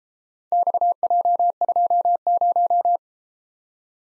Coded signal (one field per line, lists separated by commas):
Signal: Morse code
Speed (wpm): 32 wpm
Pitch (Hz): 700 Hz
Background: none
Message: XJ20